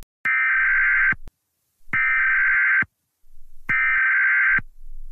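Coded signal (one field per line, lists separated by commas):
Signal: Emergency Alert System (SAME) tones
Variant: header bursts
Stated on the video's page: Fictional EAS scenario, a recreation.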